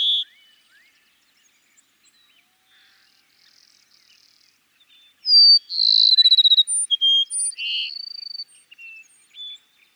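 Cassin's sparrow singing once after several quiet seconds of faint high notes: a sharp opening note, a fast pulsing trill, then a string of distinct whistled notes.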